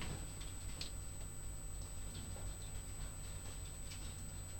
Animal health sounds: poultry house recording; no chicken sound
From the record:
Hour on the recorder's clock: 22

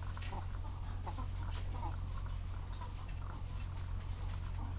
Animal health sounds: poultry house recording; sick chickens (respiratory disease)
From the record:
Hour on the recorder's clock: 14

